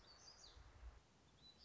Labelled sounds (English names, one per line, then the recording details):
Black-throated Gray Warbler
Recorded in Sonoma County, California